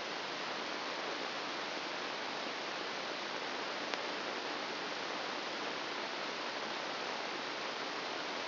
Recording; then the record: brain microelectrode recording played as sound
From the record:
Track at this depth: inside the subthalamic nucleus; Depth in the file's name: 0.609 mm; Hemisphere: right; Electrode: 2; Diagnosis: Parkinson's disease